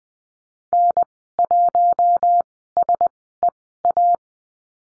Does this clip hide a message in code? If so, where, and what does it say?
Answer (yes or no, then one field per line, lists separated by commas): yes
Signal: Morse code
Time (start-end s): 0.7-4.2 s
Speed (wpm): 20 wpm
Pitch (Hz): 700 Hz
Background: none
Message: N1SEA